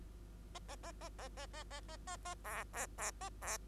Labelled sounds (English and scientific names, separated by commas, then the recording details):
Bengalese Finch (Lonchura striata domestica) song
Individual Bird2